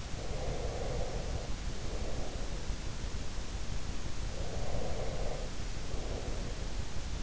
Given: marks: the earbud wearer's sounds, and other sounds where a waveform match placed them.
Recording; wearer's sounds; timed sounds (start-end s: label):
sounds in sleep by an in-ear microphone; breath
0.00-2.85 s: breath
4.07-7.10 s: breath